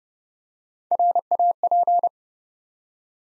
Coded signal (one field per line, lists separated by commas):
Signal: Morse code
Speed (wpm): 30 wpm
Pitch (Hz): 700 Hz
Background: none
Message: RAP